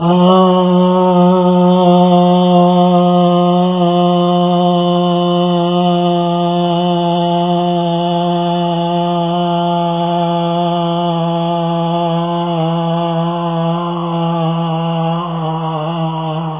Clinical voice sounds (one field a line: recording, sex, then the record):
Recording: sustained vowel /a/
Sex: male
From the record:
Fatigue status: fatigue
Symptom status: symptomatic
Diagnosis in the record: COVID-19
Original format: 3gp